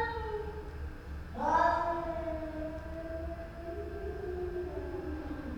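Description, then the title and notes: Cat giving a long, drawn-out wavering yowl that begins with a sudden rise and then slowly sags and drifts in pitch over a steady low hum. Two cats in a house stairwell in Istanbul, Turkey, recorded in the morning; haunting plaintive meowing, a lament to avoid coming to a fight. "Istambul, Istanbul, Turquie - Cats in the stairwell - Chats dans l'escalier. Istanbul est une ville de chats, ce matin j'en ai enregistré deux dans la cage d'escalier de la maison. C'est lancinant, la complainte pour ne pas aller jusqu'à l'affrontement"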